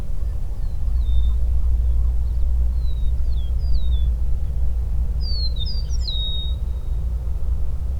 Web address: Eastern meadowlark. صدای-پرنده-چمن-چکاو-شرقی